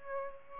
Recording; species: mosquito wingbeat signal from an infrared sensor; Aedes aegypti